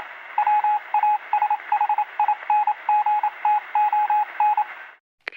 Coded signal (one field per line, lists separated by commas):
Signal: Morse code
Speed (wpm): 27 wpm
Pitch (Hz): 840 Hz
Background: radio noise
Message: WASHINGTON